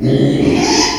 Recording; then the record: squeal of a Yucatan mini pig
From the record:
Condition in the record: after surgery on the right vocal fold (resection and tissue-engineered implant); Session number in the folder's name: 2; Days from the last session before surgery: 13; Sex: male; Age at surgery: 12 weeks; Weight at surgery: 13 kg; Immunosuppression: cyclosporine, prednisolone